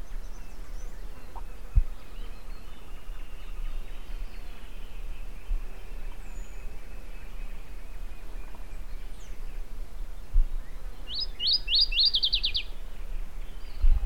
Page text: cantos aracaranegra. Fotos de aves de Argentina